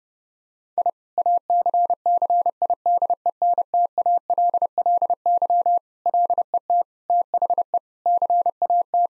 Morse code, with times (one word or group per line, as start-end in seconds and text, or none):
0.8-0.9 I
1.2-5.8 ACCIDENTALLY
6.1-6.8 LET
7.1-7.8 THE
8.1-9.1 CAT